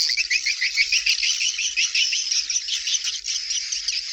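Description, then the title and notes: Swiftlet chirping calls: dense, high-pitched twittering chirps repeated rapidly in a continuous chattering stream. Asia; sound used in swiftlet farming to attract birds. "Swiflet Bird Sound. Farming Swiflet Bird asia sound"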